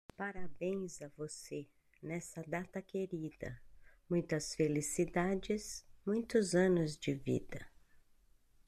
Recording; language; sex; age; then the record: short text; Brazilian Portuguese; female; 50 to 59 years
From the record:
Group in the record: control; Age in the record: 59 years